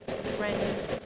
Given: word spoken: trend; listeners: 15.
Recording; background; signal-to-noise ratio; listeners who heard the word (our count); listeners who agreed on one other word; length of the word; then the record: one English word in noise, from a listening test; noise modulated by three-talker babble; -4.4 dB; 0 of 15; 10 of 15; 0.66 s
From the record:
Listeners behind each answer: 10, 2, 1, 1, 1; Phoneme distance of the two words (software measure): 10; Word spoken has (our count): 1 syllable, 5 phonemes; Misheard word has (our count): 1 syllable, 5 phonemes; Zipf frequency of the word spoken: 4.02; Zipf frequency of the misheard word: 5.29